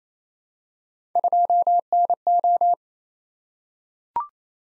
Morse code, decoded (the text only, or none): 2NO